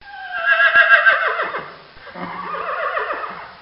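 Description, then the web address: Horse whinnying, a loud shrill neigh that wavers and falls, then a second, lower shuddering whinny. "Bobby Cole Horse-Whinny"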